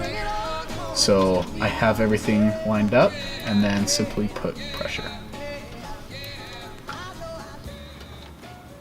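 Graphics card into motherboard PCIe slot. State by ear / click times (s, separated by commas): not seated / none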